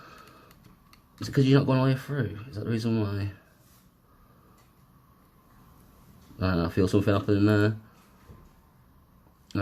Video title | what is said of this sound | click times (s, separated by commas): Trying To Fix? Vtech Baby Monitor BM4600 | i think it's clicked into place | 9.5 s